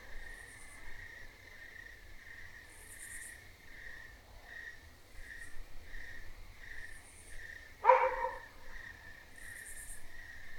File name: crickets country field night with nearby raspy cicada